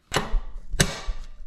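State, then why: Seated. The longer end of a pontoon support bar is pushed into the frame socket of a SCHILLER S1-C water bike (pontoon bike). A first knock sounds at about 0.2 s, then a sharp, loud snap at 0.8 s as the bar seats in the socket, followed by lighter rattles. The bar end snaps into place.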